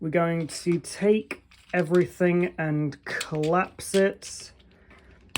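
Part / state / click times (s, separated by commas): plastic toy figure sections collapsing together / seated / 5.4 s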